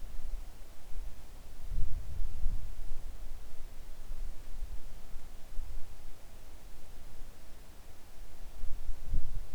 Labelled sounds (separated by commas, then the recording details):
wind
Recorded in the Arctic National Wildlife Refuge, Alaska, on 3 August 2019 at 10:20
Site 41